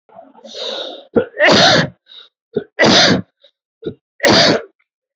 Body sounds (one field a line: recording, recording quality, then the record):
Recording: heavy voluntary cough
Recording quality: excellent, no background noise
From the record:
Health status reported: healthy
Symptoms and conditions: cold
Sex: male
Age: 50 years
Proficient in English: yes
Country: India